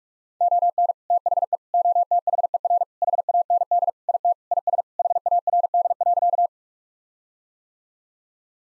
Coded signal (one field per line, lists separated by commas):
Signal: Morse code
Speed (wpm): 46 wpm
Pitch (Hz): 700 Hz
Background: none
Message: ON THE OTHER HAND IT IS HARD.